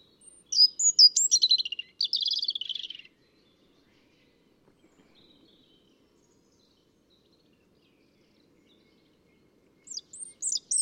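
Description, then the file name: European robin singing two short bursts of high, tumbling trills and twittering notes, then a long silent pause before another high phrase starts near the end. "Erithacus rubecula"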